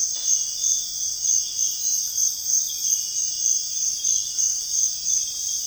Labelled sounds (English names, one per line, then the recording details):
none
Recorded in dense forest near Puerto Asís, Putumayo, Colombia, on 4 March 2025 at 05:00
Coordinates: 0.481, -76.323
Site G088